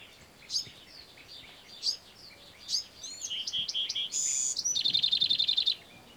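Bewick's wren singing: scattered soft high notes first, then a fuller song of steady notes, a buzzy rasp and a quick ringing trill to finish.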